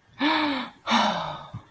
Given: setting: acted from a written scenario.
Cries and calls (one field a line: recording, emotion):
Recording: vocal sound without words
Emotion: relief